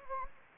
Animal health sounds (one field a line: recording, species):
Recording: mosquito wingbeat signal from an infrared sensor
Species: Anopheles gambiae